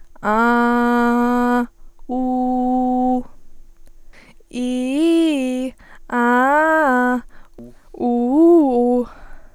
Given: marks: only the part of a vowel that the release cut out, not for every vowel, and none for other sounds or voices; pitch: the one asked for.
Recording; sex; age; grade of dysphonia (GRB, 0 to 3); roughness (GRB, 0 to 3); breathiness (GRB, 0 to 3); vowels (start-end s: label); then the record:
sustained vowels; female; 20 to 29 years; 0; 0; 0
0.44-1.50 s: vowel /a/, low pitch
2.23-3.07 s: vowel /u/, low pitch
4.62-5.56 s: vowel /i/, low-high-low pitch
6.21-7.09 s: vowel /a/, low-high-low pitch
8.08-8.91 s: vowel /u/, low-high-low pitch
From the record:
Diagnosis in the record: healthy voice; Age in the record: 22 years